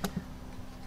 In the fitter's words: an arrow where you can line up and place it back improperly push it till it snaps